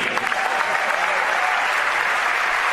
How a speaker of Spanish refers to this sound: Una trayectoria nacional e internacional del maestro Vianelli realmente encomiable para recibir el mejor aplauso de esta noche en el público de Buenos Aires.